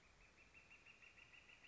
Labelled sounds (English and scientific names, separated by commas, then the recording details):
Northern Flicker (Colaptes auratus)
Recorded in Sonoma County, California